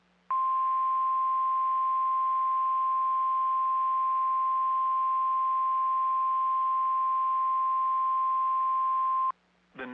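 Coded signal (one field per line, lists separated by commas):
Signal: Emergency Alert System (SAME) tones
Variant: 1050 Hz attention tone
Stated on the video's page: NOAA Weather Radio severe thunderstorm warning for Harrisonburg, Page and Rockingham, Virginia.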